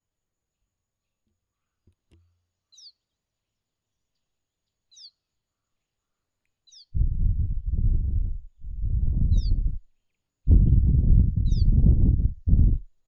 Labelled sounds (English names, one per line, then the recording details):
Lesser Striped Swallow
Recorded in northern Uganda